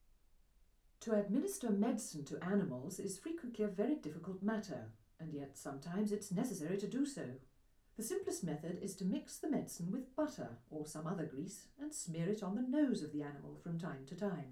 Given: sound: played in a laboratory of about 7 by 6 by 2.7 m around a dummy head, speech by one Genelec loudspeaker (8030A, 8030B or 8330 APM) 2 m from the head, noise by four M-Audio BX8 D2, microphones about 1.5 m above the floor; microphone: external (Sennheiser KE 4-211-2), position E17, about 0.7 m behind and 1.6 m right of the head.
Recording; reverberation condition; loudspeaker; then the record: female speech in English; low; behind (180 degrees)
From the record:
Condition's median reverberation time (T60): about 310 ms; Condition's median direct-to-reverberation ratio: about 3.5 dB